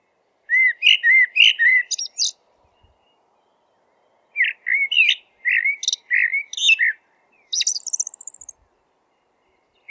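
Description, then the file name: Eurasian blackbird song in three phrases of rich low whistles and high scratchy chatter, with pauses between. "merel zang"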